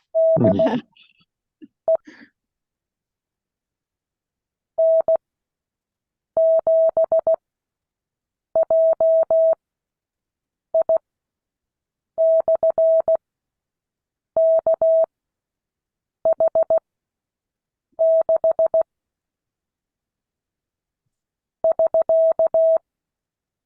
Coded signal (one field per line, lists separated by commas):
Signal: Morse code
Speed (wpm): 16 wpm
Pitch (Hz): 650 Hz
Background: none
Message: DE N7JI/KH6 <SK>